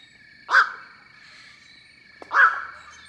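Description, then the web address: Black-crowned Night-Heron uttering two hoarse, barking squawks about two seconds apart, each short and harsh. "BIRD NOTE. Black crowned Night Heron"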